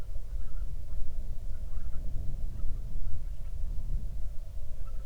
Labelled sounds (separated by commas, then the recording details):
waterfowl, wind
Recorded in the Prudhoe Bay oil fields, Alaska, on 31 July 2019 at 08:04
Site 24